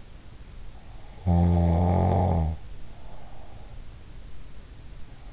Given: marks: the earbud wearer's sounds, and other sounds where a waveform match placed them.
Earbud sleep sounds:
sounds in sleep by an in-ear microphone; snoring breath
0.98-4.11 s: snoring breath

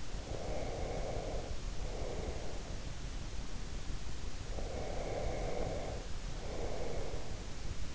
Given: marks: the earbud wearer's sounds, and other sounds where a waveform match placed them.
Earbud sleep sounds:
sounds in sleep by an in-ear microphone; breath
0.00-3.05 s: breath
4.55-7.70 s: breath

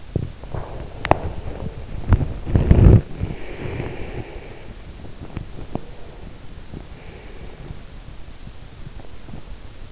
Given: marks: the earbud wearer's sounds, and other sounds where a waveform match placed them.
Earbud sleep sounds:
sounds in sleep by an in-ear microphone; body movement, breath
0.00-2.97 s: body movement
3.42-4.68 s: breath
4.99-6.59 s: sound from someone else or the room
6.63-7.94 s: breath

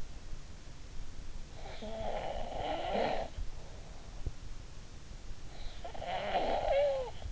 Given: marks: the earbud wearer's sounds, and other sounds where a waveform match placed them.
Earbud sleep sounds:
sounds in sleep by an in-ear microphone; snoring breath
1.45-4.21 s: snoring breath
5.58-7.30 s: snoring breath

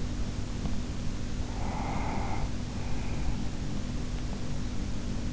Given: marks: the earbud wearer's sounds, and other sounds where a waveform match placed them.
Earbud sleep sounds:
sounds in sleep by an in-ear microphone; breath
1.07-3.56 s: breath

